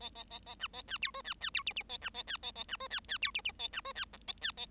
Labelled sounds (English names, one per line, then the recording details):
Bengalese Finch song
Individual Bird7